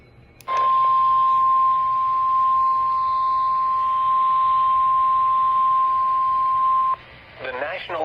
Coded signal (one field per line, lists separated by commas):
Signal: Emergency Alert System (SAME) tones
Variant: 1050 Hz attention tone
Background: speech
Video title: Special Marine Warning on KEC86 (EAS Alert: #23) - 4/05/19